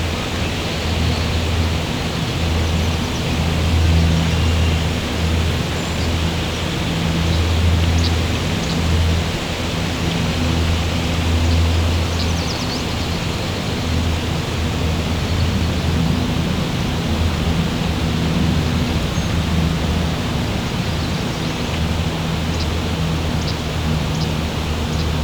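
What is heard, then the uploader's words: A gentle breeze blows steadily and evenly, with a soft low rumble underneath and faint scattered ticks and rustles higher up. Gentle and Pleasant Breeze.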